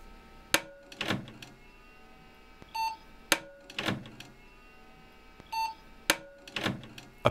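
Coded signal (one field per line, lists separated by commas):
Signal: beep code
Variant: PC BIOS POST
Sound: clunks and drive whirs, then a single short buzzy beep; the cycle repeats twice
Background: mechanical clicks, drive spin-up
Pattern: 1 short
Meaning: One short beep means the power-on self test passed and everything is OK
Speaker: one short beep the computer's way of telling me all the key components seem to be operating as expected everything's okay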